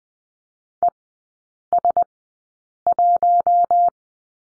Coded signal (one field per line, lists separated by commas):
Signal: Morse code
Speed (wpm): 20 wpm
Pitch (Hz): 700 Hz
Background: none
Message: ES1